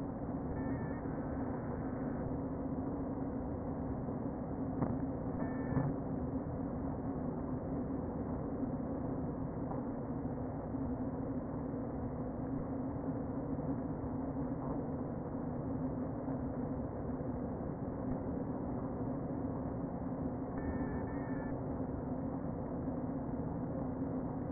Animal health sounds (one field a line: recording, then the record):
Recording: honeybee colony, microphone inside the hive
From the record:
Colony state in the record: queen present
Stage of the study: before two queens were removed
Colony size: about 60,000 bees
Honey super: yes